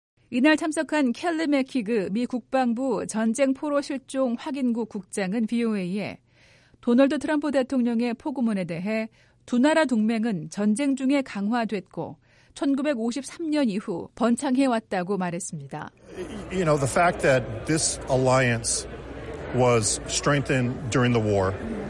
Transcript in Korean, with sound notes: 이날 참석한 켈리 맥키크 미 국방부 전쟁포로실종확인국 국장은 VOA에 트럼프 대통령의 포고문에 대해, 두 나라 동맹은 전쟁 중에 강화됐고 1953년 이후 번창해 왔다고 말했습니다. [녹취:국장] “The fact that this alliance was strengthen during the war.